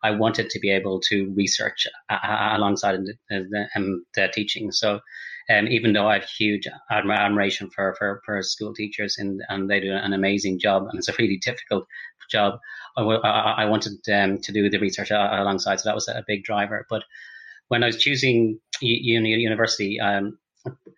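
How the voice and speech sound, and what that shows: Adult man speaks with repeated words, a part-word repeat and stretched sounds: mild stuttering, a fluency disorder.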